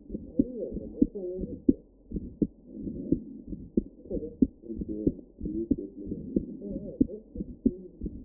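Adult heart heard through a stethoscope, with a heart murmur between the heartbeats.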